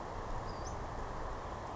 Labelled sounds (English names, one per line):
Western Flycatcher